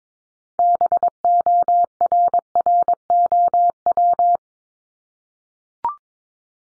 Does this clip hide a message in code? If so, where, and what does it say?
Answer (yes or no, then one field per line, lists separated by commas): yes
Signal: Morse code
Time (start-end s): 0.6-4.4 s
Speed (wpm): 22 wpm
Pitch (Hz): 700 Hz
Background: none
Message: BORROW